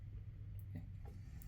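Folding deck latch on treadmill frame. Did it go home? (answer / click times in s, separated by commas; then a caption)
no / none. The folding deck latch on the frame of a NordicTrack T Series treadmill is handled as the folded deck is being raised back up during assembly. A steady low hum runs throughout, with a few brief faint ticks along the way. The latch has not snapped back into its locked position; nothing has seated or clicked yet.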